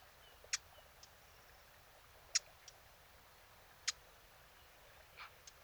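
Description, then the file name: Eurasian blackcap giving hard, dry tack notes, three sharp clicks spaced about one and a half seconds apart, with faint softer bird notes in the background. "Sylvia atricapilla"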